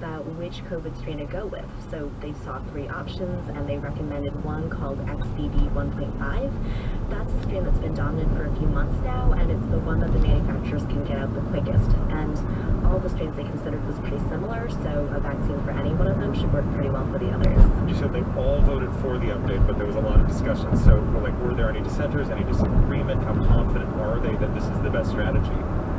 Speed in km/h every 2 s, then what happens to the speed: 0, 0, 23, 32, 45, 52, 53, 58, 63, 66, 69, 69, 71.
0-2 standing. 2-19 pulls away to 69. 19-26 steady at about 69.